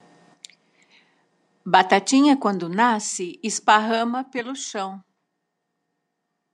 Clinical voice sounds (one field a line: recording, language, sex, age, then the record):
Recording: short text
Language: Brazilian Portuguese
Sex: female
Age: 60 to 69 years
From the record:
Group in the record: control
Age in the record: 69 years